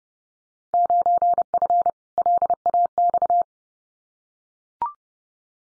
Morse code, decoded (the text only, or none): 9F LAX